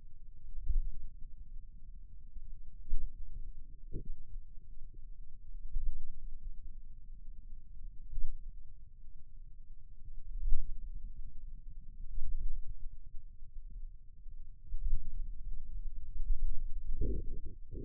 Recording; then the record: forearm muscle sounds (acoustic myography)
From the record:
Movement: finger pinch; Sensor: system 2, bracelet of six BSWA MPA416 microphones around the upper forearm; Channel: 6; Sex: male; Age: 22 years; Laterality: right